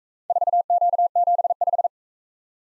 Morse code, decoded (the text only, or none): 4Q75